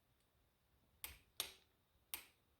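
A click-type torque wrench on a long extension tightens a spark plug into the aluminium cylinder head of a Mercedes M111 engine (R170 SLK230). Three sharp clicks are heard at about 1.0, 1.4 and 2.1 seconds, and the loudest one at 1.4 s is the wrench clicking at its setting of 216 inch-pounds (18 ft-lbs). No one talks during the clip.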